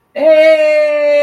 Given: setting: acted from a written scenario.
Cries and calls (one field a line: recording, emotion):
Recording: vocal sound without words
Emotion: elation